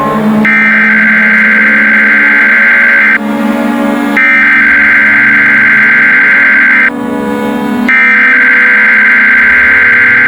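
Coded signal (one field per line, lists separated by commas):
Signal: Emergency Alert System (SAME) tones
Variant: header bursts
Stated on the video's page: Mock Hawaii tsunami warning made with EASyPLUS.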